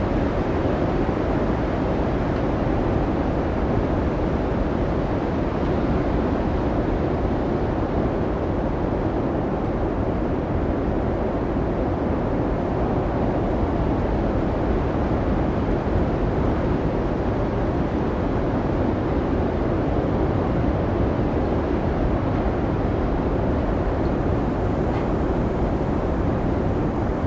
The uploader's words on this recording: This authentic recording from the heart of an Icelandic blizzard. Captured overnight during the colossal snowstorm Diddú in Reykjavík, experience the real and untamed sounds of howling winds and swirling snow.